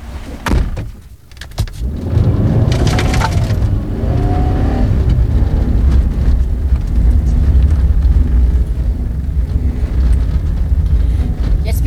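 A few sharp knocks and clicks, then a car engine roars to life and revs with rising pitch before settling into a steady, loud rumble as it drives off.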